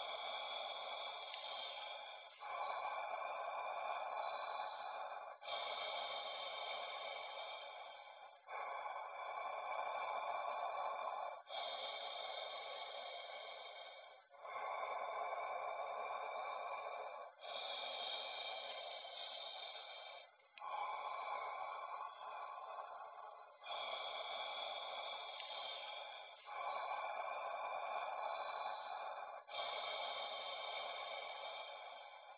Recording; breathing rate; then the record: paced breathing near a phone; 10 breaths a minute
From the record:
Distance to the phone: 20 cm